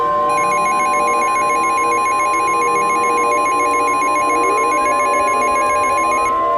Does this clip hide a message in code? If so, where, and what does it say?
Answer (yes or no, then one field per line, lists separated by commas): no